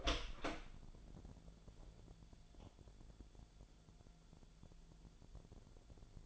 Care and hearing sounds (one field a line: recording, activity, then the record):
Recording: daily activity, microphone in the room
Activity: open door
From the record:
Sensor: 5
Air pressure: 1000.5 hPa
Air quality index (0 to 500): 150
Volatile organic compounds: 2 ppm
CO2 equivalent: 1152 ppm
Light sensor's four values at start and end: 47/111/46/49 and 47/111/46/49